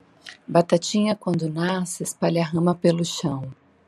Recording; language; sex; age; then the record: short text; Brazilian Portuguese; female; 40 to 49 years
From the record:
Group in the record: control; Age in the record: 46 years